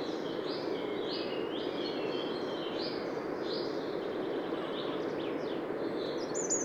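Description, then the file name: Eurasian wren calls: faint high notes in a loose series, partly masked by a steady broad hiss and rumble. "Troglodytes troglodytes"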